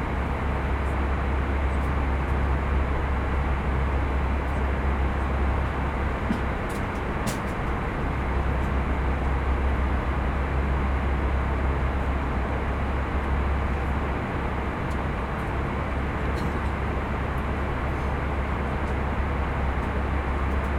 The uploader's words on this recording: Airplane Cabin White Noise.